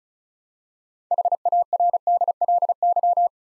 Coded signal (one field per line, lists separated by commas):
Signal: Morse code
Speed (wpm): 36 wpm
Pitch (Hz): 700 Hz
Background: none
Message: HARDLY